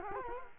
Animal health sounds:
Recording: mosquito wingbeat signal from an infrared sensor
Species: Culex quinquefasciatus

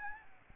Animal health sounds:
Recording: mosquito wingbeat signal from an infrared sensor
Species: Aedes albopictus

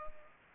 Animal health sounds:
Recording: mosquito wingbeat signal from an infrared sensor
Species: Culex pipiens

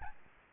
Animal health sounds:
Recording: mosquito wingbeat signal from an infrared sensor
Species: Aedes albopictus

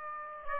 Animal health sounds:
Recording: mosquito wingbeat signal from an infrared sensor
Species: Aedes aegypti

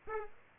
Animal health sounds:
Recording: mosquito wingbeat signal from an infrared sensor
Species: Aedes aegypti

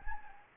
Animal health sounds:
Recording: mosquito wingbeat signal from an infrared sensor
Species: Anopheles gambiae

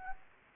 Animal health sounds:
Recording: mosquito wingbeat signal from an infrared sensor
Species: Anopheles gambiae

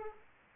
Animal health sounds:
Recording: mosquito wingbeat signal from an infrared sensor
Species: Aedes aegypti

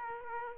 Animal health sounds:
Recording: mosquito wingbeat signal from an infrared sensor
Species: Aedes aegypti

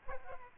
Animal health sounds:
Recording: mosquito wingbeat signal from an infrared sensor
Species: Aedes aegypti

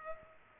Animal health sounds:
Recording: mosquito wingbeat signal from an infrared sensor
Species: Culex pipiens

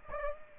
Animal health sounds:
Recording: mosquito wingbeat signal from an infrared sensor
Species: Aedes aegypti

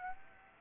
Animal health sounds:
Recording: mosquito wingbeat signal from an infrared sensor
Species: Aedes aegypti

